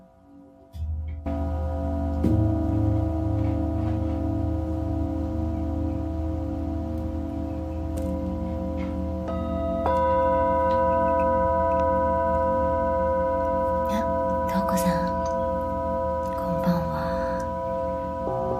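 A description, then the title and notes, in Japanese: Tibetan singing bowls ring in a sustained, layered drone after a soft start, with new bowls struck around two and ten seconds, adding brighter tones above the deep hum. The sound stays steady, with faint light clinks and rustles near fifteen and seventeen seconds. 深夜の シンギングボウルのサウンドヒーリング。チベタンシンギングボウルのサウンドヒーリングLiveアーカイブです。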